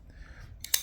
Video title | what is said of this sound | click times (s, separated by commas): It's disassembly day for F5 number 4. This time it's a Ram-Lok knife. | It just goes right out and then locks in place. | 0.6 s, 0.7 s